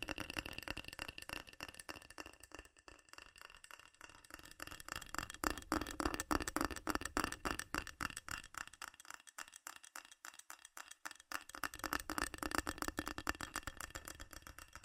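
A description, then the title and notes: Fast, furious tapping on metal fills the whole recording, a dense stream of sharp, bright clicks with a ringing metallic edge. The pace quickens and thickens from about five seconds on, briefly thins near ten seconds, then surges again. ASMR FAST & FURIOUS TAPPING Metal Sounds (No Talking).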